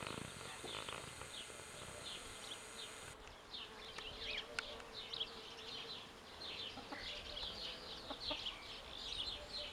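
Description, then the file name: House sparrows chirping in a dense, lively chorus of short notes, with some hissing background noise at the start. "Passer domesticus"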